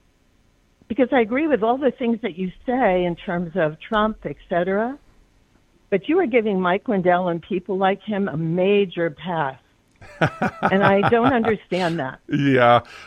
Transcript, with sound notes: because I agree with all the things that you say in terms of Trump, et cetera-But you were giving Mike Lindell and people like him a major pass.
(laughs)
And I don't understand that.
Yeah.